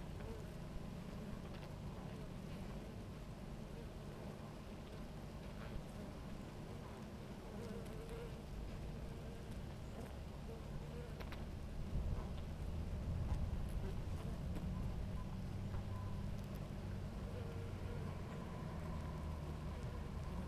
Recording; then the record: honeybee colony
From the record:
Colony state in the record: active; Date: 28 July 2017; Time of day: 17:30